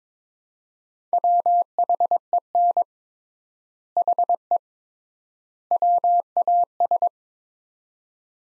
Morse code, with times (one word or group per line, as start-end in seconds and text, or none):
1.1-2.8 WHEN
4.0-4.6 HE
5.7-7.1 WAS